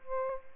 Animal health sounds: mosquito wingbeat signal from an infrared sensor; Aedes aegypti

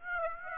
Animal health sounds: mosquito wingbeat signal from an infrared sensor; Aedes aegypti

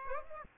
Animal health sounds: mosquito wingbeat signal from an infrared sensor; Aedes aegypti

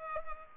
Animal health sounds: mosquito wingbeat signal from an infrared sensor; Culex pipiens

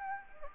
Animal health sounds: mosquito wingbeat signal from an infrared sensor; Anopheles gambiae

